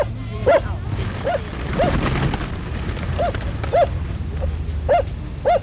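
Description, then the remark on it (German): A dog barks about seven times in short, sharp, fairly high-pitched yaps at an uneven pace, over a steady low rumbling background noise. “Die soll ihren Hund halten.”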